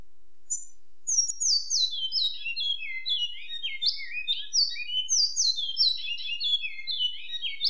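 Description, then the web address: Great-billed seed finch singing a continuous stream of bright whistled notes, many falling slurs, rising and dropping in varied phrases throughout. Song, labelled Rio Branco. "cantos riobranco"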